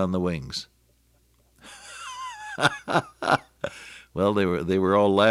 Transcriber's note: laughter